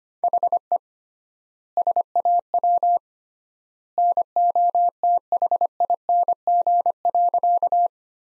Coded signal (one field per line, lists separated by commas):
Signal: Morse code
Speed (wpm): 25 wpm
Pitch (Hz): 700 Hz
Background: none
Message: HE SAW NOTHING.